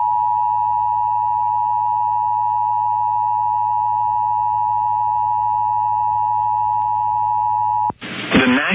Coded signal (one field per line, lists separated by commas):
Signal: Emergency Alert System (SAME) tones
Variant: 853 and 960 Hz attention tone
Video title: (RARE) PDS Severe Thunderstorm Warning on KSME Greeley, CO (96.1 KISS-FM) (7/27/22) (EAS #36)